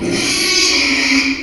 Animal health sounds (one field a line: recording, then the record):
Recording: squeal of a Yucatan mini pig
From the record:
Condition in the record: after surgery on the right vocal fold (resection and tissue-engineered implant)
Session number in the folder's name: 2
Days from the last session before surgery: 13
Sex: male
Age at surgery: 12 weeks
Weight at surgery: 13 kg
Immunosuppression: cyclosporine, prednisolone